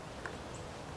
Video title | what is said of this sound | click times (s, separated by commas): Savage 93 22 Win Magnum Rifle Review | and it just slides up in and locks into place uh when you want to retrieve it | 0.3 s